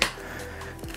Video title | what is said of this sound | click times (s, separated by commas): Bugaboo Fox Complete - Assembly & Overview - Maxi-Cosi Pebble Plus - how much space does it take | once it locks on both sides you hear the noise then it's fine | 0.0 s